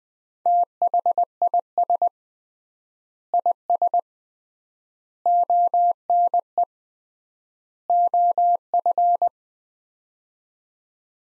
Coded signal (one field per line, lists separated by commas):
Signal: Morse code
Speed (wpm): 20 wpm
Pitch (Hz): 700 Hz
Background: none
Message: THIS IS ONE OF